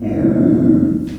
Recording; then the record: squeal of a Yucatan mini pig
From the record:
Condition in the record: after surgery on the right vocal fold (resection and tissue-engineered implant); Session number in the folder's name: 5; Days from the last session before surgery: 33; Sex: female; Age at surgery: 19 weeks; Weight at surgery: 25 kg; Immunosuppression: prednisolone